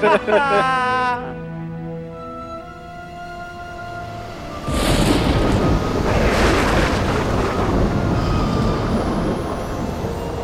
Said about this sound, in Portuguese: Uma praia rochosa, um mar tempestuoso, o céu cinzento parece estar baixo, assim, parece ser pesado.